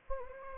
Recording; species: mosquito wingbeat signal from an infrared sensor; Anopheles gambiae